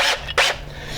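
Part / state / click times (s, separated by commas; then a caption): boring bit collar into hinge jig guide / not seated / none. A hinge boring bit fitted in a drill is handled at a hinge jig guide before its collar locks into place. Two short bright rasping bursts are heard, one at the start and a louder one from about 0.4 s, over a steady low hum. Nothing has seated or clicked yet.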